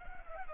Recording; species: mosquito wingbeat signal from an infrared sensor; Culex pipiens